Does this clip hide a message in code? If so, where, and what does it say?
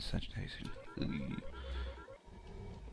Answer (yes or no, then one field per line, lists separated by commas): no